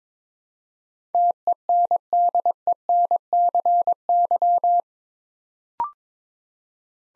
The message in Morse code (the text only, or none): TENDENCY